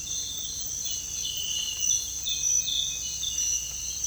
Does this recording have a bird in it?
no